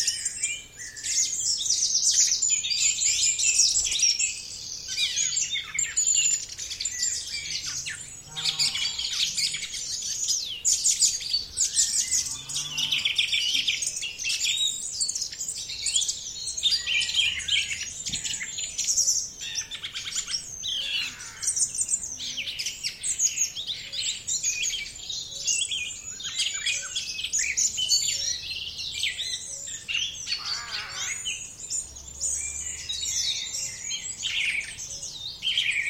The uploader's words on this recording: Recorded at The Hut Near The Bog on International Dawn Chorus Day.